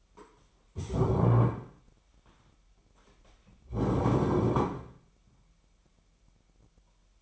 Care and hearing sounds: daily activity, microphone in the room; stand up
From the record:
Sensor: 1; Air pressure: 998.5 hPa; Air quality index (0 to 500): 120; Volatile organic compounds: 3 ppm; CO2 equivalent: 1440 ppm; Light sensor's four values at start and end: 8/20/8/9 and 8/20/8/9

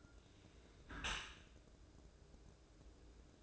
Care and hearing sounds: daily activity, microphone in the room; close dishwasher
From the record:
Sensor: 2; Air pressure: 1012.1 hPa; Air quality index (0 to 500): 140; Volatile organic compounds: 2 ppm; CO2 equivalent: 1031 ppm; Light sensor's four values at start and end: 308/755/306/312 and 309/757/307/313

